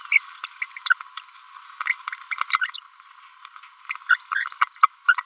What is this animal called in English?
Green-rumped Parrotlet